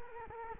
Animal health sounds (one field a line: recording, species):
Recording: mosquito wingbeat signal from an infrared sensor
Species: Culex quinquefasciatus